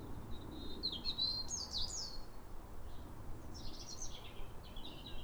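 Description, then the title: European robin singing a quick, high, twittering phrase of sliding whistles, then a pause and a softer second phrase, with a soft low rumble underneath. Pair of robins in neighbouring gardens singing back and forth, like a duet, at a clear, calm New Year sunrise in winter after weeks of rain, welcoming the early sun. "Sound Escape. chorus of New Year's robins"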